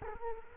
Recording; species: mosquito wingbeat signal from an infrared sensor; Culex quinquefasciatus